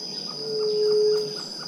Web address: White tipped dove. صدای-قمری-ورو